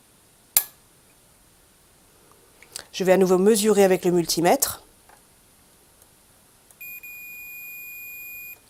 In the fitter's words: appuyant ce petit bouton ici on va voir s'il ya un petit clic écoutez je